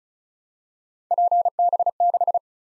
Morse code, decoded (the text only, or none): PB6